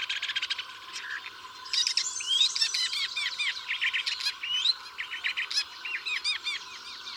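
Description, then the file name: Woodchat shrike song, a rapid scratchy warble of chirps, trills and whistles. "woodchat shrike omkicau"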